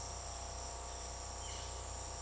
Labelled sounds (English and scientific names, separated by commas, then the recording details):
Violaceous Jay (Cyanocorax violaceus)
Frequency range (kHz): Violaceous Jay (Cyanocorax violaceus) 1.7-5.3 kHz
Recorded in secondary vegetation near Puerto Asís, Putumayo, Colombia, on 21 February 2024 at 15:30
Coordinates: 0.489, -76.322
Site G6419